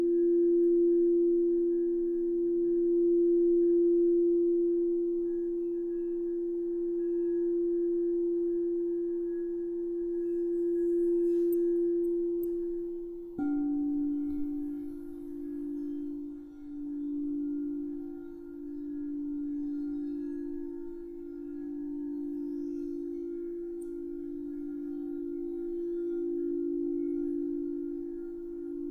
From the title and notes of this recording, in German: Lausche den zauberhaften Klängen der Kristallklangschalen. Zauberhafte Kristallklangschalen.